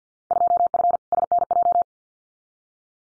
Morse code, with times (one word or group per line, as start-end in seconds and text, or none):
0.3-1.0 2F
1.1-1.8 SNJ